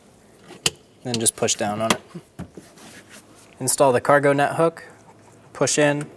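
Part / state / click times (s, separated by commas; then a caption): plastic access door into the rear cargo trim panel / seated / 0.7 s. A small plastic access door is pushed up and into its slot on the rear cargo trim panel of a 2014-2019 Toyota Highlander while replacing the driver's side tail light. One sharp, loud click at 0.7 s shows the door snapping into place, followed by a faint tap near 2.4 s. Someone talks before and after the click.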